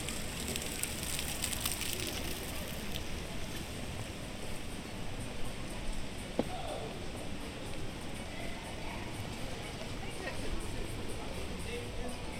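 A fountain splashes steadily in a busy pedestrian square, its constant rushing wash filling the scene from low rumble to bright hiss. Voices of passers-by murmur through it, with occasional footsteps and small knocks, including a sharp tap around six seconds.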